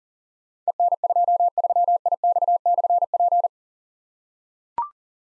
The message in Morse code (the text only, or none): EN23IX/P